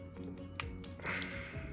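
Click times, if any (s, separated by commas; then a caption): 0.6 s. Plastic tabs on a Transformers Kingdom Voyager Dinobot transforming robot figure are pushed in by hand, and a sharp snap is heard at 0.6 s over steady background music. The tabs mostly snap into place, but this copy will not go further.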